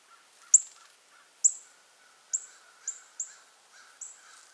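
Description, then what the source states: Northern cardinal calling with bright, sharp chips, about six clipped descending notes, over a soft steady background hum. Nominate subspecies Cardinalis cardinalis cardinalis.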